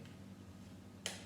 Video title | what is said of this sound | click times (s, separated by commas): Opening and assembling Lego Speed Champions 007 set 76911 Aston Martin DB5 with James Bond | you push this in here and it should click in | 1.1 s